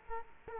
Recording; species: mosquito wingbeat signal from an infrared sensor; Culex quinquefasciatus